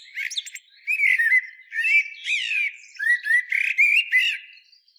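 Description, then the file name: Common blackbird calls: nearly continuous squeaky, slurred whistled notes with chattering high overtones, in short groups across the five seconds. "Turdus merula"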